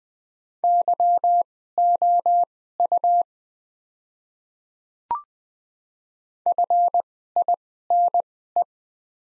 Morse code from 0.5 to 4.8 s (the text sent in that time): YOU